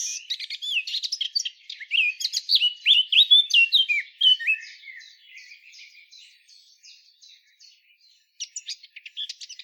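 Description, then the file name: Eurasian blackcap song: a bright, tumbling warble of clear whistled slides, fading into a soft, rapid twitter, with a short burst of high notes near the end. "Sylvia atricapilla"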